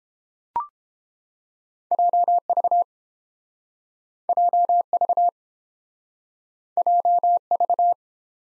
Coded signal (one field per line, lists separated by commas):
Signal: Morse code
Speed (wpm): 31 wpm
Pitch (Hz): 700 Hz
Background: none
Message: JV JV JV